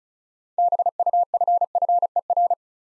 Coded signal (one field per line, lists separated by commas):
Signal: Morse code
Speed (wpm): 36 wpm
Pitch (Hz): 700 Hz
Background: none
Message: BUFFER